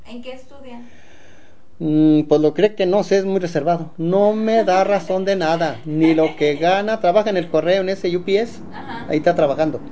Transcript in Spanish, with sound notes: ¿En qué estudia?
Pos lo cree que no sé, es muy reservado. ¡No me da razón de nada! (risas) Ni lo que gana, trabaja en el correo, en ese UPS, ahí ta trabajando.